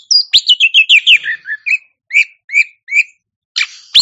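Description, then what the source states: Oriental magpie-robin giving a quick run of liquid whistled notes, then a few evenly spaced slurred whistles and two harsh final bursts. Champion song bird.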